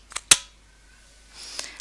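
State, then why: Seated. The green side button of a HandiHaler dry-powder capsule inhaler is pressed to pierce the capsule inside, giving a sharp, loud plastic click at 0.3 s after a faint tick just before it. Softer small ticks follow near the end of the clip, and the capsule is pierced with the button clicked home.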